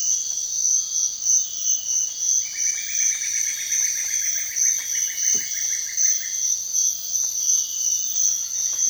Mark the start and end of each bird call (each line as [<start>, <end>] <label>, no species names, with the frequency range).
[2.46, 6.49] bird call (1.2-2.8 kHz)